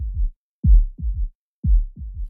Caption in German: Der sogenannte Galopprhythmus. Das ist ein Herzton, der nur dann auftritt, wenn das Herz wirklich unter Stress steht. Und das können wir im Ultraschall nicht erfassen, sondern das hören wir tatsächlich nur mit unseren Ohren.